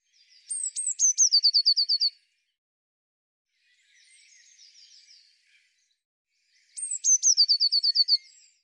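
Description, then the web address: Eurasian blue tit singing: high piercing opening notes dropping into a rapid, bright trill, repeated about six seconds later, with a fainter trilled phrase in between. "cianscape birddata Deverinetal 2025 File cleaned normalized Bird Cy Ca"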